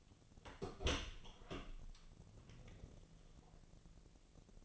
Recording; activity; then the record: daily activity, microphone in the room; open door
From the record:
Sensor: 4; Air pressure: 1001.3 hPa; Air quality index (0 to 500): 184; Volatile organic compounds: 2 ppm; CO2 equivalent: 1312 ppm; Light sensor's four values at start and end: 16/38/15/16 and 15/34/14/14